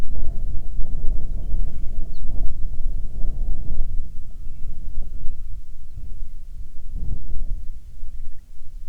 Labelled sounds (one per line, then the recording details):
bird
wind
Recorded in the Arctic National Wildlife Refuge, Alaska, on 9 July 2019 at 21:38
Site 48